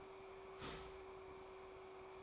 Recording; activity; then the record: daily activity, microphone in the room; start toaster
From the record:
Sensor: 1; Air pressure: 1004.2 hPa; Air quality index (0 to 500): 202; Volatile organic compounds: 19 ppm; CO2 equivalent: 2667 ppm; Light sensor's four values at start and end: 4/13/4/5 and 4/13/4/5